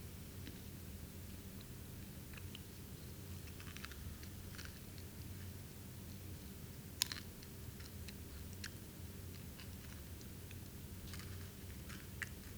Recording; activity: daily activity, guitar pickup as the sensor; eat